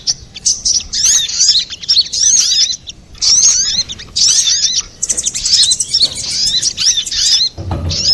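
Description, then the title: Little spiderhunter song, rapid high twittering phrases of looping, swept notes, delivered in short bursts separated by brief pauses, ending with a low rumble. Master recording (masteran) for training cage birds, labelled Labaik. "Masteran Burung Sogok Ontong Labaik"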